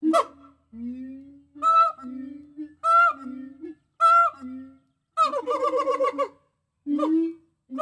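Gibbon hoots, mostly single rising notes about a second apart with low slurred notes between, then a fast bubbling run of whoops before a few more separate hoots.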